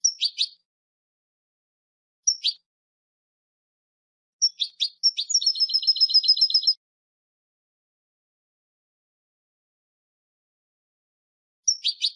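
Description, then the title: European goldfinch giving sharp, high double call notes at intervals, with one rapid tinkling trill of repeated notes in the middle; long silent gaps between. "Jilguero"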